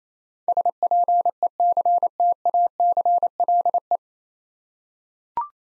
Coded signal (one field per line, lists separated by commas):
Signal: Morse code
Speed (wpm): 28 wpm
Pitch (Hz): 700 Hz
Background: none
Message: SPECTACLE